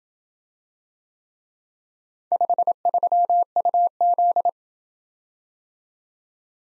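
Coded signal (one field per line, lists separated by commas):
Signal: Morse code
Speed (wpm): 27 wpm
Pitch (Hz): 700 Hz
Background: none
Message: 53UZ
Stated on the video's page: Computer-generated Morse practice of four-character letter-number groups in Speed-Racing format, starting fast and slowing to a 20 wpm base; fastest speed is 1.5x the slowest.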